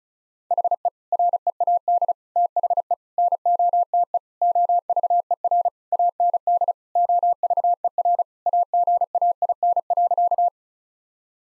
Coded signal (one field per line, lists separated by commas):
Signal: Morse code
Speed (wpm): 34 wpm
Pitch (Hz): 700 Hz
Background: none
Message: HE READ THE NOTE OVER AND OVER AGAIN.